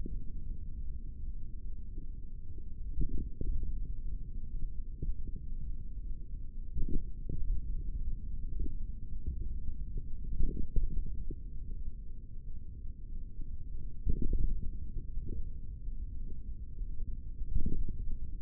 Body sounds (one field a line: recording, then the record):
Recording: forearm muscle sounds (acoustic myography)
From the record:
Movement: tripod grip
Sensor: system 3, bracelet of six PUI Audio POM-2738L microphones around the upper forearm, with dedicated amplification and filtering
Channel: 6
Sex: male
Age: 23 years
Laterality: right